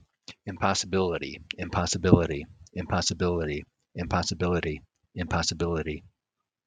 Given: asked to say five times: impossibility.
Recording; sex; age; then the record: repeated word; male; 50 to 59 years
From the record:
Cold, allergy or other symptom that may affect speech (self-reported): no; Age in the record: 56 years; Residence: Georgia, United States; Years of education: 16